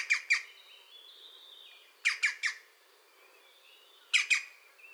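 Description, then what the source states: European green woodpecker calls, grating notes in pairs and triplets, separated by softer thin squeaky sounds. A pair active at the nest.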